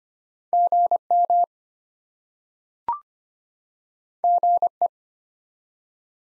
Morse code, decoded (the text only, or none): GM GE